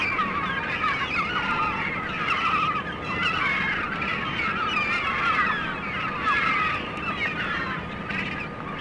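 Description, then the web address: Gulls crying in a crowd, with repeated mewing and yelping calls overlapping throughout. Recorded on the Staten Island Ferry. "sea gulls staten island ferry"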